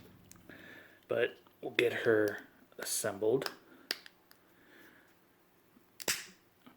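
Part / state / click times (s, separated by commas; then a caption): figure face plate into figure head / seated / 6.1 s. A plastic face plate of a figure is pressed onto the figure's head during assembly, a tight fit. Someone talks, and there are a few soft clicks and taps of handling. The face plate snaps into the head at 6.1 s with a sharp click and is seated.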